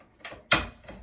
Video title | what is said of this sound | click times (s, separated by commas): How to Change Out a Fluorescent Tube Light | Once you hear that click, you know you've got it in place and you're good to go. | 0.5 s